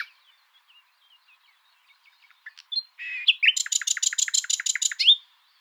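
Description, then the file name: Common nightingale song: soft scattered notes, then a sharp rising note and a fast run of loud, evenly repeated metallic clicks ending abruptly. Clean background, no other sounds. "Luscinia megarhynchos"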